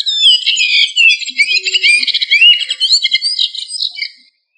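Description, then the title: Thrush song: a rapid, continuous run of varied warbled and whistled notes, sliding up and down, with no pause before fading at the end. Turdidae family; local name sabiá. "Familia Turdidae - Sabia"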